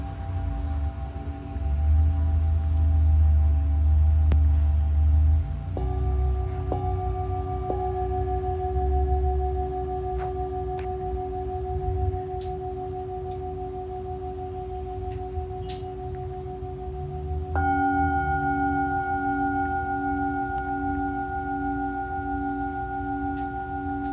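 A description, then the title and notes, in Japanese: Tibetan singing bowls ring in long, steady tones that layer and overlap. Fresh strikes arrive near six seconds and again around seventeen seconds, each adding a brighter, slowly wavering note. A low, uneven rumble sits underneath during the opening seconds. 深夜の シンギングボウルのサウンドヒーリング。チベタンシンギングボウルのサウンドヒーリングLiveアーカイブです。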